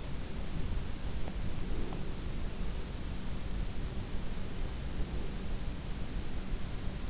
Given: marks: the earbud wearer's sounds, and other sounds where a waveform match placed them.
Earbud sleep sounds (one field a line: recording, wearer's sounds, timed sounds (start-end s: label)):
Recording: sounds in sleep by an in-ear microphone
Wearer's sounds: breath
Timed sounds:
0.14-2.33 s: breath